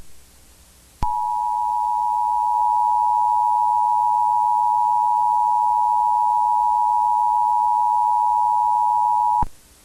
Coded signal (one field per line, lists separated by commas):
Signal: Emergency Alert System (SAME) tones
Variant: 853 and 960 Hz attention tone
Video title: EAS Scenario | Cursed Moon (#115)